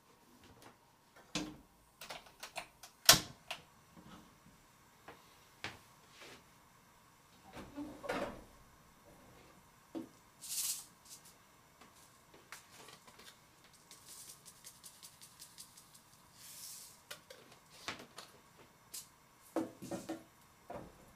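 Washing up after a meal: scattered clinks and clatters, sharp knocks near three seconds, brief rushes of water, over a faint steady hum.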